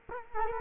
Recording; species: mosquito wingbeat signal from an infrared sensor; Culex quinquefasciatus